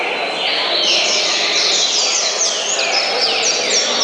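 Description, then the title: Double-collared seedeater song of quick, high, sliding notes repeated rapidly, with a steady hiss beneath. "Canto Coleiro"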